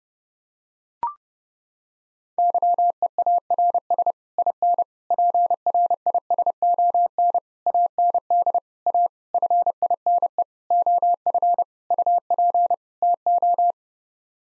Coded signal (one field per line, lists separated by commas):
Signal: Morse code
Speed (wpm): 32 wpm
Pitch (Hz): 700 Hz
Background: none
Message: YEARS IN PRISON AND A FINE OF UP TO